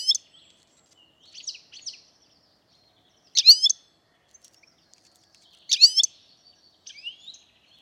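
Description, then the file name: European Goldfinch calling with sharp, sparkling high chirps in separate bursts a second or two apart, with a few faint soft notes between. "Carduelis carduelis"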